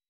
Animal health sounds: hydrophone in a shrimp aquaculture tank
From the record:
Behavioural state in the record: weakened

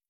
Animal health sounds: hydrophone in a shrimp aquaculture tank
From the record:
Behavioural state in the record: feeding

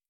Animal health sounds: hydrophone in a shrimp aquaculture tank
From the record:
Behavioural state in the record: starved

